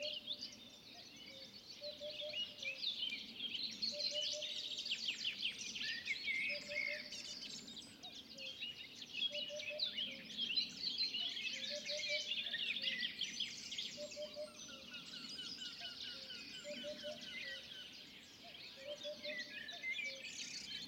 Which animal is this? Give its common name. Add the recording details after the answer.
Eurasian Hoopoe. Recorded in the wild. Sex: male. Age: adult. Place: Teerofenbrücke, Nationalpark Unteres Odertal, Brandenburg, DE. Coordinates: 53.1322, 14.3536. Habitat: wood. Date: 2021-05-15 09:10. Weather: clear, weak wind. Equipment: Sound Devices 702, Sennheiser MKH 415 T, Rhode Windschutz. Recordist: Frommolt, Karl-Heinz